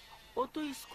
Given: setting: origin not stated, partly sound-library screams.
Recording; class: one-second piece from a danger detection set; normal situation